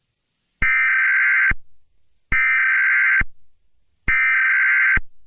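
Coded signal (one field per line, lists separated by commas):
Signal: Emergency Alert System (SAME) tones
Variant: header bursts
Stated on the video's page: Unfinished fictional EAS scenario about spikes coming out of the ground.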